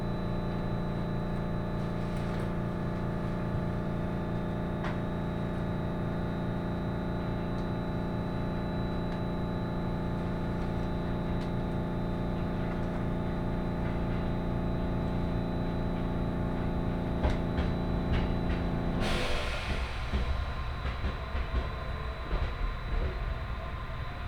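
Inside a hybrid diesel railcar on a rapid service, a steady low engine drone with tonal whine gives way around 19 seconds to rougher rumbling.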